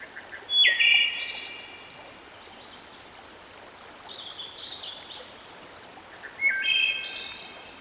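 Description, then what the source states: Wood Thrush singing three flutey phrases, a loud one early, a higher fluttering one midway and another near the end, against constant running water. Recorded with a stream in the background.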